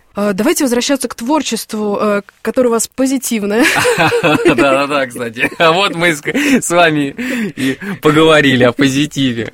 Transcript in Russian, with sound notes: Давайте возвращаться к творчеству, которое у вас позитивное. (Смеются.)
— Да-да, кстати. Вот мы с вами и поговорили о позитиве.